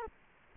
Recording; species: mosquito wingbeat signal from an infrared sensor; Culex quinquefasciatus